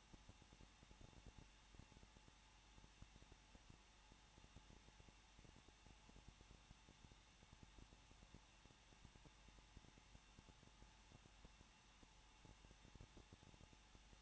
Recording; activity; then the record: daily activity, microphone in the room; no activity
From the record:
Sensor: 1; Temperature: 20.1 degrees Celsius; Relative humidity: 39.2%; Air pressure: 1006.3 hPa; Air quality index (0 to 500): 218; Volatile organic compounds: 78 ppm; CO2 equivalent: 3589 ppm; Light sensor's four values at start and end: 1/2/1/1 and 1/2/1/1